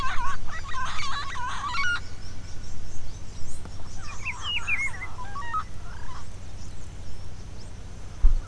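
Bird giving a run of harsh, nasal calls at the start, then quieter scattered calls, over a steady low hum.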